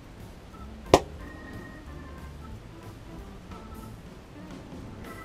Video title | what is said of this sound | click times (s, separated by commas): Servicing the VANOS Solenoids | because it goes home with quite a click | 0.9 s